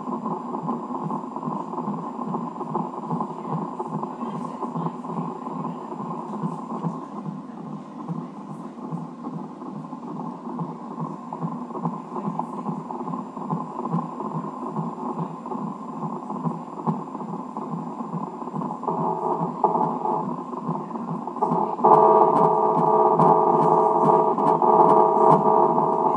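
A baby's heartbeat in the womb, heard by Doppler ultrasound at Heath Hospital.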